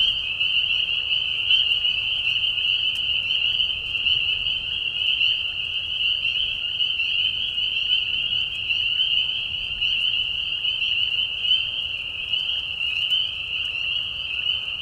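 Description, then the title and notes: Spring peeper chorus, a continuous high piping wall of overlapping whistled peeps, unbroken throughout, over a low quiet rumble. Peeper frogs giving a mating call in a marsh at night in spring, during a very short season; high, low-volume whistles; Tiny Marsh Conservation Area, Tiny, Ontario. "Peeper frogs in the spring. Peeper frogs in a marsh at night. This is a mating call that happens during a very short season in the Spring. The high whistles at a low volume. Recorded at the Tiny Marsh Conservation area in Tiny, Ontario. Recorded by Anton Pickard. Music for Sleep"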